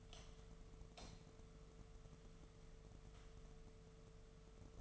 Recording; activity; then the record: daily activity, microphone in the room; light on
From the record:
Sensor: 4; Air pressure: 1015.4 hPa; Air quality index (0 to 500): 169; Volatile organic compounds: 7 ppm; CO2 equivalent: 1959 ppm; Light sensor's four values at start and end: 26/62/27/28 and 26/62/26/28